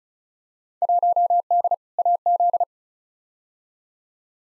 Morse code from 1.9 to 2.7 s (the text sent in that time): AZ